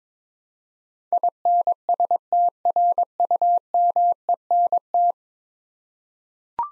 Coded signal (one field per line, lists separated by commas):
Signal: Morse code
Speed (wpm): 22 wpm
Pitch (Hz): 700 Hz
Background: none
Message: INSTRUMENT